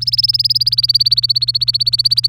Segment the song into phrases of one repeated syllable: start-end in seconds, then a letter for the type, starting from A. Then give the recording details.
0.01-2.28 A. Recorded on 23 April 2018 at 18:16. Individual llb3